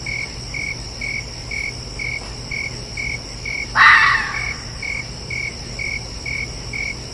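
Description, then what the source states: Red fox giving a single loud, harsh bark midway, against a background of crickets chirping in a steady rhythm. Calling at night.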